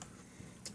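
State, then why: Seated. A micro SD memory card is slid under the retainer and pushed all the way into a Samsung smartphone's card slot with a fingernail. A short tick is heard at 0.0 s, then a sharper, louder click at 0.7 s as the card seats in the slot and is installed.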